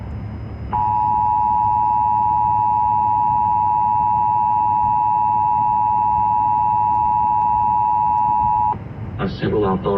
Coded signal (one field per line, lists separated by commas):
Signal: Emergency Alert System (SAME) tones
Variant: 853 and 960 Hz attention tone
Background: speech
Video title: Required Monthly EAS Test on AM Radio - December 7, 2022 10:48 PM